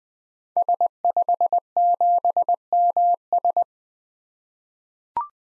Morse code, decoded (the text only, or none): S57MS